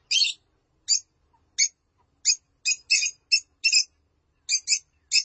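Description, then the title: Lovebird giving sharp, high, squeaky chirps, single or doubled, spaced unevenly. "Suara Burung Lovebird"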